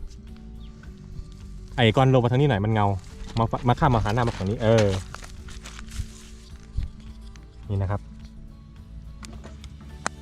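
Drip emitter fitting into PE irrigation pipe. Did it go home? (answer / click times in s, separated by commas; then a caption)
yes / 10.1 s. A small 3 mm drip-irrigation emitter fitting is pushed into a hole in a plastic PE water pipe and seats with a sharp snap at 10.1 s. Before that, someone talks from about 1.7 to 5 s, with a short bit of speech near 7.8 s, over a steady low hum and a few faint ticks.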